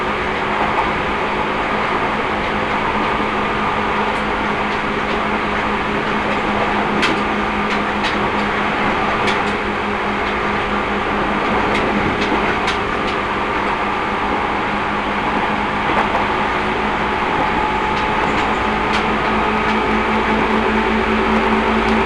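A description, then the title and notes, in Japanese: Steady, dense rumble from inside a moving train, with a constant low hum and a held mid tone running the whole time. Short sharp clicks and rattles break through every second or two, clustering between about 7 and 13 seconds. 耳で楽しむ鉄道旅 西武鉄道 本川越→東村山→小川→萩山→青梅街道。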